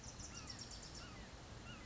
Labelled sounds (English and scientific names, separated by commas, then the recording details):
Red-shouldered Hawk (Buteo lineatus)
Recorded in Sonoma County, California